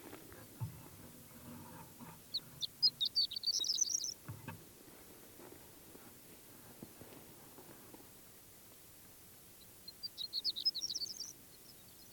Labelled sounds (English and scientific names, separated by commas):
Horned Lark (Eremophila alpestris)